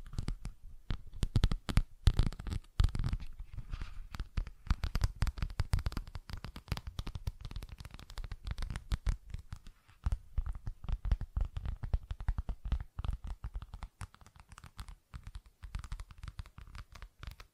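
Scratching and tapping sounds form a dense, crackly stream of short, rough strokes that never settles into a steady rhythm. The busiest, loudest bursts come in the first three seconds. After that the scraping continues unevenly with brief pauses, carrying a dull, thumping low end throughout.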